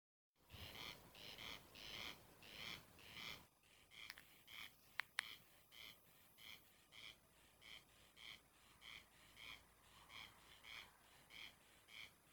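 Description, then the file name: Corn crake rasping calls, harsh doubled notes repeated in a steady series, with a brief break and a couple of sharp clicks midway, quiet background hiss. "Corn crake voice"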